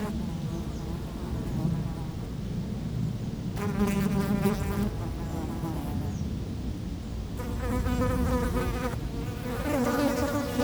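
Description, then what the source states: Fly: flies buzzing in bursts, droning hums swelling in and fading out a few times, with constant low wind rumble underneath. Flies feeding on dung, close-up, at Chemin de Lombardil, Fenouillet, France, near Blagnac airport on a windy day; recorded with Sennheiser MKH8040 ORTF and SD MixPre6.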